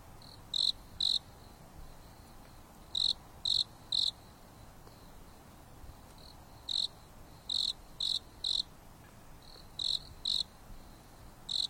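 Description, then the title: Insect chirps, high and pulsed, in irregular groups of two to four notes spaced a few seconds apart, with a faint steady hiss beneath. Insects singing at night on a mountain top under a starry sky, with a gentle breeze blowing. "There is a gentle breeze blowing on the top of the mountain under the starry sky, and the insects are singing leisurely."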